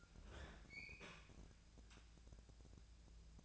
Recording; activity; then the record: daily activity, microphone in the room; open fridge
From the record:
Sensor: 2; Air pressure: 999.9 hPa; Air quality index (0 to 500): 119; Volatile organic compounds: 2 ppm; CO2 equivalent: 1024 ppm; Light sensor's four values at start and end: 34/86/36/41 and 34/86/36/41